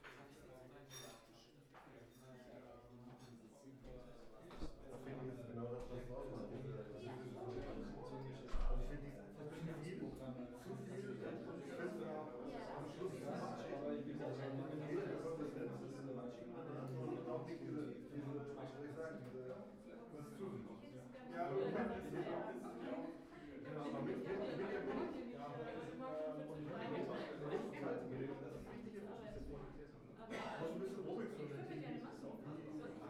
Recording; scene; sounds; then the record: everyday scene through a hearing-aid microphone; many people talking; many voices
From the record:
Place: bistro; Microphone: behind the ear, right, front